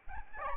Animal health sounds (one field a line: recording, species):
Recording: mosquito wingbeat signal from an infrared sensor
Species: Aedes albopictus